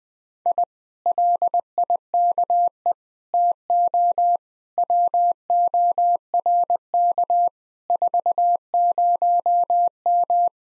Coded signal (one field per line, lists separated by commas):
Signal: Morse code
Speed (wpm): 20 wpm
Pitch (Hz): 700 Hz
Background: none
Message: I LIKE TO WORK 40M